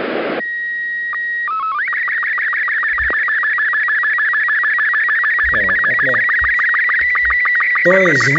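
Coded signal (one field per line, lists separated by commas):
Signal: SSTV (slow-scan television)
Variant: Robot 36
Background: speech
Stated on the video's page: SSTV images received from the International Space Station via amateur radio.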